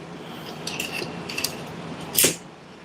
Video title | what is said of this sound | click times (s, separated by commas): Hey.Everyone.Chat.And.Chill.Tech.Corner | You'll hear that click. That means it's locked. | 2.2 s